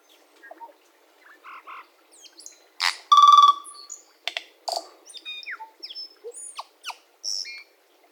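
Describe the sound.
Tui song: a varied medley of clicks, pure whistles, a loud ringing tonal note and sharp chinks, with short gaps between phrases.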